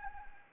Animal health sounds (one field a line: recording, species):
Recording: mosquito wingbeat signal from an infrared sensor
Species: Anopheles arabiensis